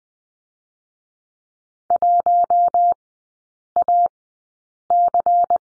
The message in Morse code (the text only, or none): 1AC